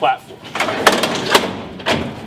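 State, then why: Seated. Someone talks while the two metal tabs under a fire truck are pushed toward the front and the metal slide-out step platform is pulled back. A sharp metallic clunk at 0.9 s marks the platform latching and locking into place.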